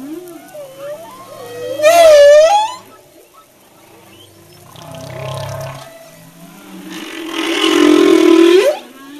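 Humpback whale song, with a wavering upward wail, quieter low moans, and a long loud buzzy cry ending in a rising sweep.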